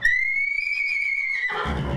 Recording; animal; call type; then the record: contact call of a hoofed animal; horse; whinny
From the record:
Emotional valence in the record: negative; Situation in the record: group separation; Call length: 1.97 s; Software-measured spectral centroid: 2240 Hz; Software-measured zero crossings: 3750 a second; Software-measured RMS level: -24 dBFS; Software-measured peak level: -11 dBFS